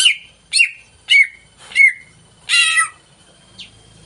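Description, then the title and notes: Greater green leafbird song: four sharp whistled notes sweeping down, about half a second apart, one harsh burst, then a faint final note. Pancingan (lure) song played to prompt a caged cucak ijo to sing before it is hung up; the bird is described as gacor. "Pancingan CUCAK IJO Mau Di Gantang. Cucak Ijo Gacor"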